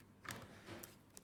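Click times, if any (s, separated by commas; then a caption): none. A battery pack is slid onto a Baofeng 888S handheld two-way radio and its small pull-down latch is pushed, giving soft scraping and light tapping sounds around 0.3, 0.8 and 1.2 seconds. The pack seems to be in, but nothing has clicked or seated yet.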